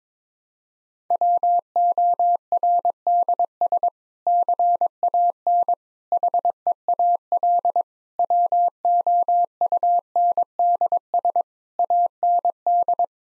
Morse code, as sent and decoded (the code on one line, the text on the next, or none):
.-- --- .-. -.. ... / -.-. .- -. / .... . .- .-.. / .-- --- ..- -. -.. ... / .- -. -..
WORDS CAN HEAL WOUNDS AND